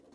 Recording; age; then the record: pig call; piglet (1 to 25 days)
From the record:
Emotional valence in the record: negative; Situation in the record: long isolation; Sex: female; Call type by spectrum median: low-frequency call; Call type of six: low-frequency stable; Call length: 0.15 s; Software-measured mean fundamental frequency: 51 Hz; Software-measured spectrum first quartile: 295 Hz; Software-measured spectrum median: 489 Hz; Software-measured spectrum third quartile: 1325 Hz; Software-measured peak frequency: 273 Hz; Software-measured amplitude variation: 132 dB a second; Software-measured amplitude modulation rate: 13.4 a second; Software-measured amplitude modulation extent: 9.9 dB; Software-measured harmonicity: 1.8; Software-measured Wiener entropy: -1.03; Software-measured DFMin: 741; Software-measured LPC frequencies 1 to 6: 429, 3706, 4363, 5457, 6393, 7600 Hz